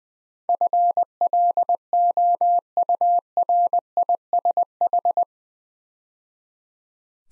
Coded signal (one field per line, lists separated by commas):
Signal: Morse code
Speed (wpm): 20 wpm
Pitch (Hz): 700 Hz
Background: none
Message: FLOURISH